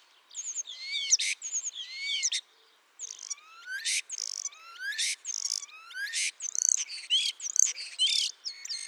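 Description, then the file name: Common starling song, bursts of rattling clicks and rising whistles in separate phrases, with a short gap near three seconds. "Spreeuw"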